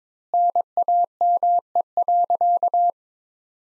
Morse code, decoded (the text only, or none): NAME.